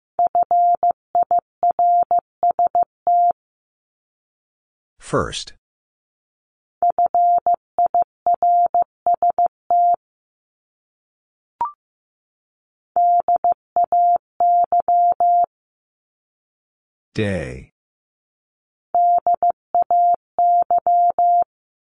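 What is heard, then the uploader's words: A single steady mid-pitched tone keys out a word in Morse code, short and long beeps in tight bursts. The word repeats four times, each run about three seconds long with gaps between. A brief noisy swish sounds in two of the gaps, and a faint click falls in another. First, the word is sent in Morse code.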